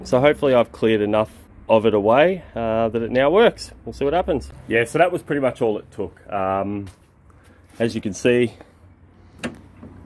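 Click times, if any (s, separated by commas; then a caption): 9.4 s. A folding tailgate step on a Ford Ranger pickup tailgate is folded after material was trimmed so its lock clears, while someone talks. At 9.4 s the step lock latches into place with a single sharp click, and the lock is seated.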